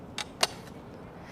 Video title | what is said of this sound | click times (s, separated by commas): DYU C1 e-Bike : The Electric Bike for City Commuting | I like that the battery just snaps right in and and kind of looks in place with the frame there definitely super nice | 0.4 s